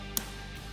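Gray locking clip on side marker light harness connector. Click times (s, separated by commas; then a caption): 0.2 s. After a rear C7 LED side marker light is plugged into its wiring harness connector, the gray plastic locking clip is pushed down to lock the connector. A single sharp click sounds at 0.2 s over steady background music, and the clip is seated.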